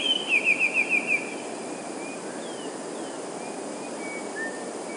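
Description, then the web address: Eurasian blue tit song: a quick run of about six high, thin downslurred notes in the first second, then only faint, scattered calls over steady background hiss. "wroblowe teka 2 spiew. wroblowe teka modraszkoteka"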